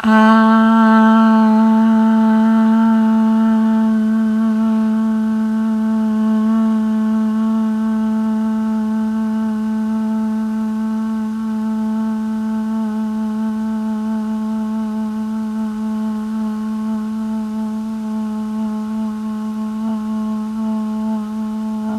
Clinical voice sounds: sustained vowel /a/; female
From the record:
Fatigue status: no fatigue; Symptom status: asymptomatic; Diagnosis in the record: COVID-19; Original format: m4a

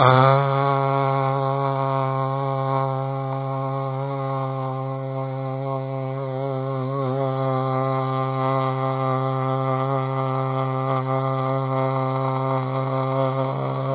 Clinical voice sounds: sustained vowel /a/; male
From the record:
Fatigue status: fatigue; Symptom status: symptomatic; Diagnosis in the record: COVID-19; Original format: 3gp

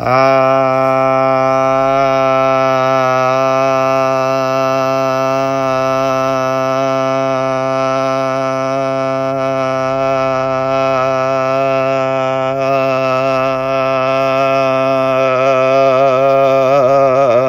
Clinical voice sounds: sustained vowel /a/; male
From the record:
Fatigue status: no fatigue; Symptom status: asymptomatic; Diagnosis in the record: COVID-19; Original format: m4a

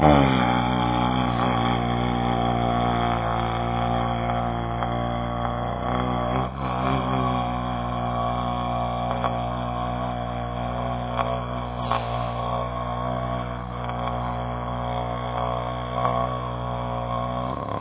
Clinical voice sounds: sustained vowel /a/; male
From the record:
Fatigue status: no fatigue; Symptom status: asymptomatic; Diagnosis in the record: COVID-19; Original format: 3gp

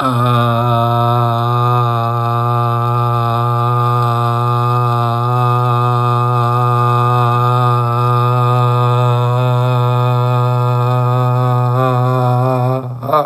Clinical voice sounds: sustained vowel /a/; male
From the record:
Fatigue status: no fatigue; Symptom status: asymptomatic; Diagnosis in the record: COVID-19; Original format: m4a

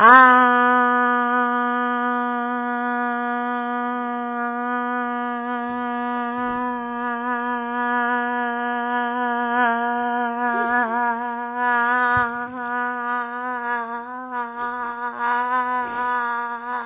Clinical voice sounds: sustained vowel /a/; female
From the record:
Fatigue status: fatigue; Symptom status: symptomatic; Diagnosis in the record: COVID-19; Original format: 3gp

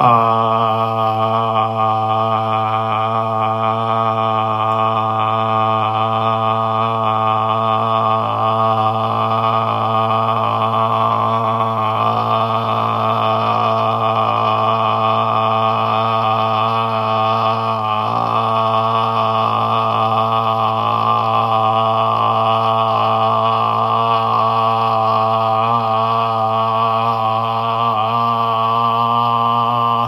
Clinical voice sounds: sustained vowel /a/; male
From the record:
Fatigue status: no fatigue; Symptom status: asymptomatic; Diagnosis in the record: COVID-19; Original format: m4a

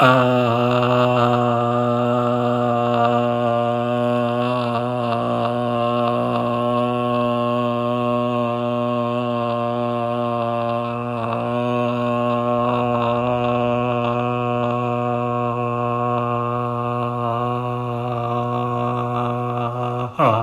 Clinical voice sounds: sustained vowel /a/; male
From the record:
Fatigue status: no fatigue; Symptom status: asymptomatic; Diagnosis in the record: COVID-19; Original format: m4a

